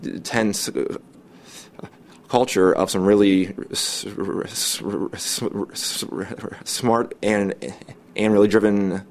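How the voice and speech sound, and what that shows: An adult male speaker with an intense stutter: repeated initial sounds (s-s-s) and silent blocks that break up his sentence.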